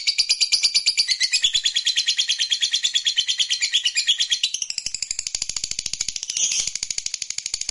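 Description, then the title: Lovebird chatter: a fast, shrill pulsed trill that runs throughout, becoming slightly softer and more broken in the second half. "Suara Lovebird"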